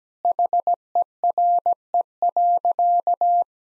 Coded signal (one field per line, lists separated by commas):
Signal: Morse code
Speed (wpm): 17 wpm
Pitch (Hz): 700 Hz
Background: none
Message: HERE.